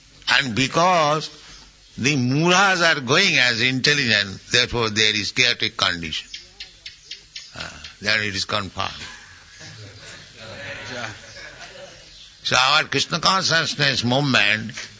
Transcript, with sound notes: And because the mūḍhas are going as intelligent, therefore there is chaotic condition. (lizard making sound) There it is confirmed. So our Kṛṣṇa consciousness movement